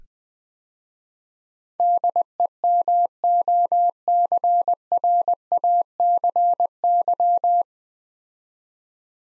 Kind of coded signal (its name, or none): Morse code